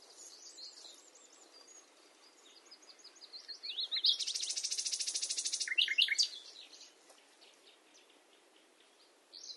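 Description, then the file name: Common nightingale song: soft high chirps and whistles, then a loud, rapid pulsed rattle held for about two seconds, followed by quick sharp notes and quieter twitters. "Luscinia megarhynchos"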